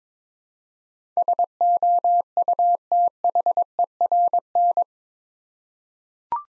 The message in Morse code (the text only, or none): SOUTHERN